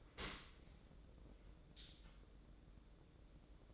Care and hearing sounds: daily activity, microphone in the room; open dishwasher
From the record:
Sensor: 3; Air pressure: 1012.3 hPa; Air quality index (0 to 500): 165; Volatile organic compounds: 2 ppm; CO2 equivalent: 1265 ppm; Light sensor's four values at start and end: 582/1435/593/598 and 581/1434/593/597

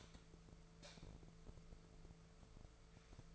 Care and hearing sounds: daily activity, microphone in the room; light on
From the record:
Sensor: 5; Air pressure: 1014.8 hPa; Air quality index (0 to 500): 171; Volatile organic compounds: 6 ppm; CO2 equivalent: 1883 ppm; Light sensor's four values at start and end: 54/129/52/54 and 56/135/54/57

